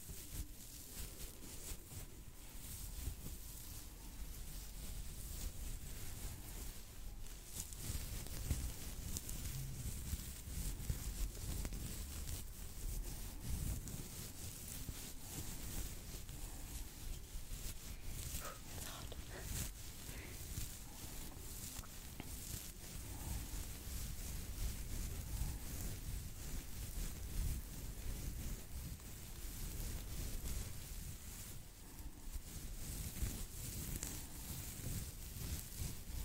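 Scalp and face massage with hair brushing: a dense, steady rustle of fingers and bristles moving through hair, with low rubbing thumps underneath. The scratching comes in quick, irregular strokes throughout, brightening in short bursts around 8, 18 and 32 seconds.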